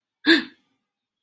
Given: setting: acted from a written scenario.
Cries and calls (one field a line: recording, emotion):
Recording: vocal sound without words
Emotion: negative surprise